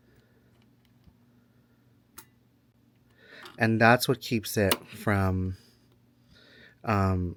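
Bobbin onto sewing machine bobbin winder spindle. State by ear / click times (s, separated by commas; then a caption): seated / 2.2 s. A bobbin is removed and pushed back onto the bobbin winder spindle of a Juki TL 2000 Qi sewing machine, giving a short, sharp click at 2.2 s as it seats. Afterwards someone talks; this click is what holds the bobbin in place so it spins.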